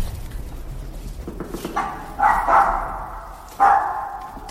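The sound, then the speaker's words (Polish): A dog, Oliver, lets out a few loud, mid-pitched barks at irregular intervals, each ringing briefly, over a low rumbling background with no talking. “A jak to jest z psem na radio?”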